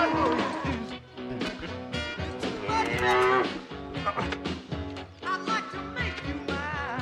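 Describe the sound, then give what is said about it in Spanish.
A cow moos repeatedly in long, loud, low bellows with rising and falling pitch, one call running almost into the next over several seconds, with no talking. “esta vaca se mueve sin sentido.”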